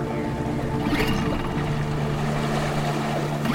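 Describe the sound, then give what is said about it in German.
A motorboat engine runs steadily as the boat heads out on the sea, its low droning hum shifting slightly higher partway through, layered over a constant rush of water and wash noise, with no voices. “Wir fuhren in unserem Boot hinaus auf das Meer.”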